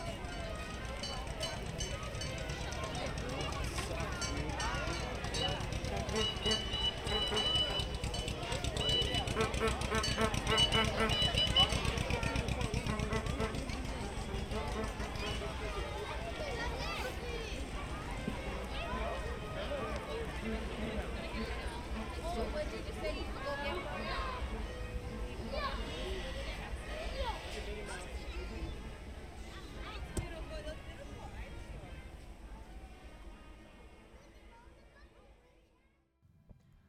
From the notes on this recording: A relaxing audio journey through Disneyland park in Anaheim, California.